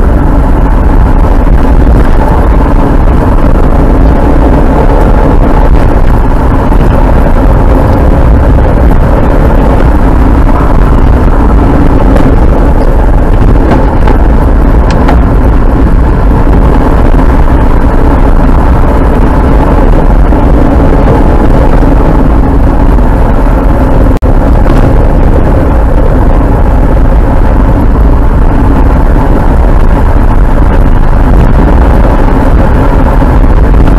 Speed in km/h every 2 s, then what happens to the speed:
62, 64, 59, 61, 64, 60, 56, 58, 62, 64, 60, 57, 54, 61, 67, 69, 71.
0-9 steady at about 62. 9-11 brakes to 56. 13-18 speeds up to 64. 18-24 slows to 54. 24-34 speeds up to 71.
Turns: none.